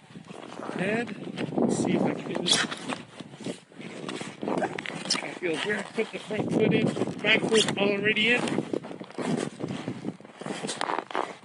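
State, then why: Seated. Someone talks while stepping a snowboard boot into a Nidecker Supermatic step-in snowboard binding. The binding latches shut with two distinct clicks at 10.8 s and 11.1 s, and the binding is seated.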